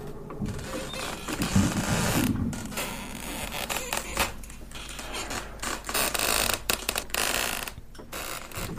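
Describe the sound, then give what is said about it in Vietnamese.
Two shut wooden doors shake in wind blowing in from the yard, creaking and rattling in an uneven series of scraping, clattering bursts, with short pauses between the louder jolts and a rough mechanical texture throughout. “cánh cửa gỗ lúc nãy được lão tính đóng chặt cẩn thận, bây giờ lại rung lên, phát ra những tiếng lẹt cả lẹt kẹt”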